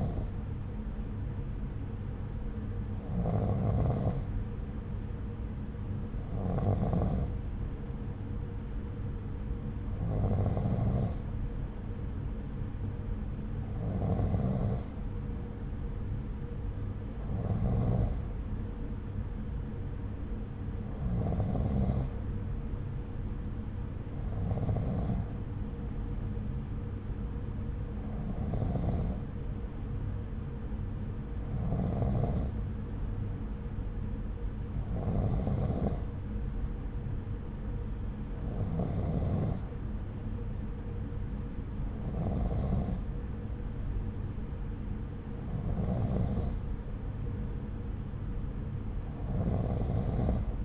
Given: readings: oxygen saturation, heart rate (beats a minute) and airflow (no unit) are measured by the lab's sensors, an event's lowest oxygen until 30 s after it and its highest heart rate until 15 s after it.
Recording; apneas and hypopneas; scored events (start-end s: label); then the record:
breathing in sleep by a smartphone at the bedside; none
none scored
From the record:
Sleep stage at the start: N2 (light sleep); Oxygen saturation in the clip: 92 to 93%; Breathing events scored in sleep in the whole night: 303 in 8.1 hours asleep